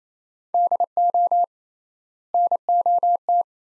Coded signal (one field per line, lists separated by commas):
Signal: Morse code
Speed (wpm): 27 wpm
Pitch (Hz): 700 Hz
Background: none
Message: DO NOT